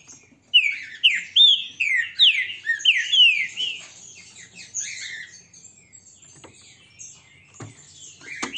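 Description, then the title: Green-winged saltator song: a fast series of rich whistled notes, each sliding downward, strongest in the first half and then fading into softer chirps and clicks. Song type labelled 'Voz 08'; the bird is described as a strong singer, 'peito de aço'. "Canto De Trinca Ferro Voz 08. ESSE CANTA FORTE, Trinca ferro PEITO DE AÇO"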